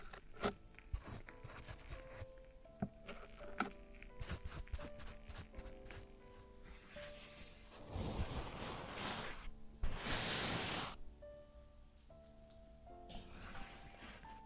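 Ear cleaning sounds: scattered scraping clicks and taps, with several louder rough rustling bursts near eight, ten and thirteen seconds.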